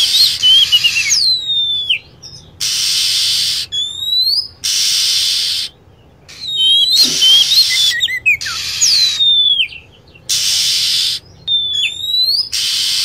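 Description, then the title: Lovebird calls: sharp, high, sliding whistled chirps, some falling steeply, repeated in short clusters between long blocks of harsh hissing noise. Lure sound used to attract lovebirds. "PIKAT BURUNG LOVEBIRD"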